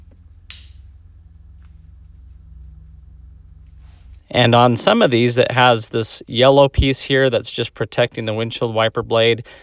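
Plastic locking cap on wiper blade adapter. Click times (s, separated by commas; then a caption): 0.5 s. During a Nissan Rogue windshield wiper replacement, the small plastic locking cap on the wiper blade adapter is snapped down over the arm hook after the blade is seated, giving one loud, sharp snap at 0.5 s. A quiet low hum follows, and from about 4.3 s someone talks. The cap is snapped shut and the blade is seated.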